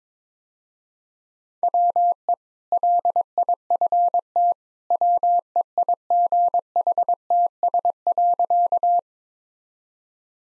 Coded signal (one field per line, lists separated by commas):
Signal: Morse code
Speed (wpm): 22 wpm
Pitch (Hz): 700 Hz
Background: none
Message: WE LIFT WEIGHTS.